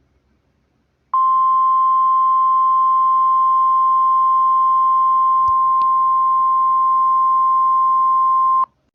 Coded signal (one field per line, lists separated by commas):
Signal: Emergency Alert System (SAME) tones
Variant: 1050 Hz attention tone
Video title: Severe Thunderstorm Warning (KARX), MN/WI, Real EAS from 4/12/22 MN Enhanced Risk, (EAS 372)